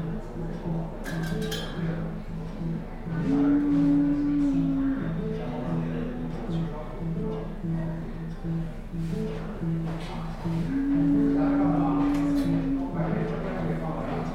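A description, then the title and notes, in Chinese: Sitting in a café: steady murmur of voices with a sustained low tone swelling twice, around three and eleven seconds, amid occasional clinks. 坐在咖啡馆有点开心｜城市声音。北京地坛旁边 没有特地录说话声。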